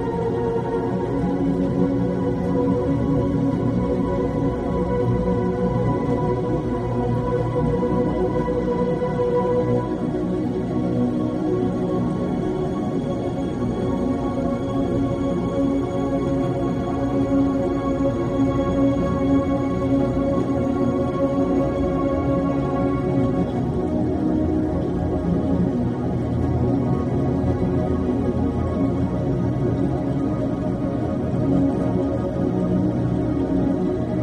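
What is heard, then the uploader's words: Soft, slow music with long held tones and drones sits mostly in the low and middle range, a few brighter notes hanging above. A fine, steady patter runs underneath like rain on glass. The level stays even across the whole stretch, with no sudden changes. Rain On Window + Relaxing Sleep Music.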